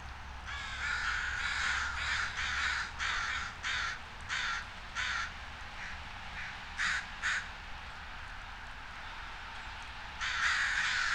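Crow cawing in a run of harsh, rasping caws over the first five seconds, then a brief pair near seven seconds and another burst at the end.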